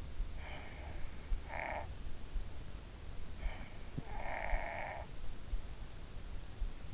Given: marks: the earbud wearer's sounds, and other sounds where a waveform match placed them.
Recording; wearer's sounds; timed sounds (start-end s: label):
sounds in sleep by an in-ear microphone; snoring breath
0.34-2.08 s: snoring breath
3.36-5.82 s: snoring breath